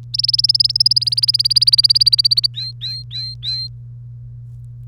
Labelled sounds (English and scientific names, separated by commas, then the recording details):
Domestic Canary (Serinus canaria) song
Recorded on 1 May 2018 at 06:31
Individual llb3